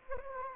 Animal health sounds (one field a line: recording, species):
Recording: mosquito wingbeat signal from an infrared sensor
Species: Anopheles arabiensis